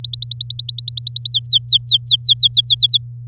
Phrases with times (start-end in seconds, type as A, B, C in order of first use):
0.00-1.31 A, 1.31-2.75 B, 2.77-2.98 C